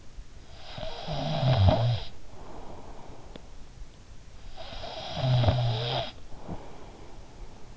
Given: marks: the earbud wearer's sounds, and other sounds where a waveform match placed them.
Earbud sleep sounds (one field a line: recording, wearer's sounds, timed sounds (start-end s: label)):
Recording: sounds in sleep by an in-ear microphone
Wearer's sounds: snoring breath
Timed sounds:
0.32-3.69 s: snoring breath
4.20-7.77 s: snoring breath